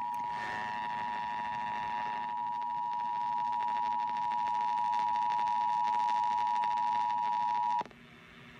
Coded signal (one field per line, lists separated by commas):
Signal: Emergency Alert System (SAME) tones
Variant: 853 and 960 Hz attention tone